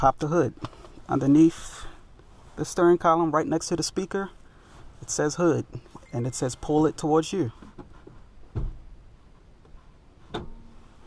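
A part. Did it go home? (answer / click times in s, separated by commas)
released / 10.4 s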